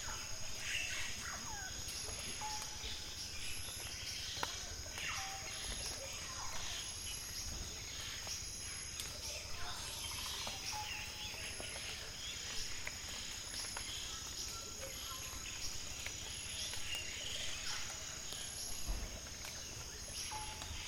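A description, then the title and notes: Dense rainforest chorus with a steady high insect whine, repeated bright chirps every couple of seconds, scattered calls, and a low constant rumble beneath. Reserva Nacional Tambopata. Rainforest atmosphere. Recorded in Tambopata National Reserve, Perú.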